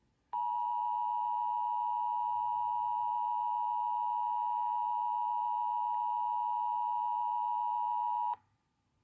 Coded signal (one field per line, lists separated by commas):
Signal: Emergency Alert System (SAME) tones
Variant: 853 and 960 Hz attention tone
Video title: AZ silver Alert (EAS#128)